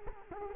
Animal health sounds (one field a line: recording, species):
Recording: mosquito wingbeat signal from an infrared sensor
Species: Culex quinquefasciatus